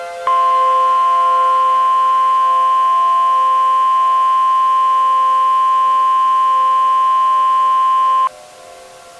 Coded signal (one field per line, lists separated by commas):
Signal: Emergency Alert System (SAME) tones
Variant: 1050 Hz attention tone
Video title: EAS Scenario: Godzilla - Titans of Earth (Tripleverse 2 Part 1 - Remastered)